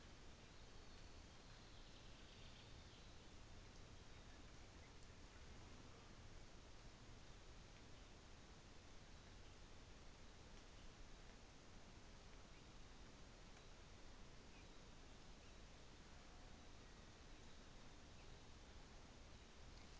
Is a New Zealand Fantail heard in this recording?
no